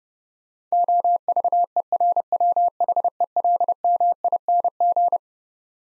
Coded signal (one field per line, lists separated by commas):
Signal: Morse code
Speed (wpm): 32 wpm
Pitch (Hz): 700 Hz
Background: none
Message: OVERWHELMING